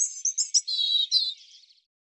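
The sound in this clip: European robin song: high, thin notes, then a sustained wavering whistle that fades into soft twitters, the phrase ending partway through.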